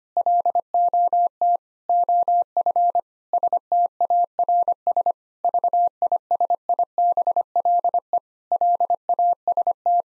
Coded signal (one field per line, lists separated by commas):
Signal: Morse code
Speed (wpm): 25 wpm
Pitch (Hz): 700 Hz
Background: none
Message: LOT OF STARS VISIBLE LAST